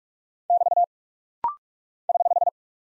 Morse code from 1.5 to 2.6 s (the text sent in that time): <HH>